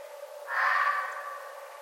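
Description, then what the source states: Red fox giving one hoarse, raspy call that trails off, over a steady hum. Recorded 11 November 2011.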